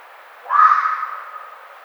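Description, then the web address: Red fox heard giving a single hoarse, drawn-out cry that fades gradually. Recorded 1 May 2009. "Red Fox 2009 05 01"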